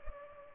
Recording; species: mosquito wingbeat signal from an infrared sensor; Culex pipiens